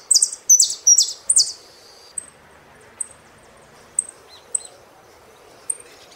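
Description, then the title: Saffron finch song: three loud descending notes, then thin high chirps spaced about a second apart. "Jilguero Argentino"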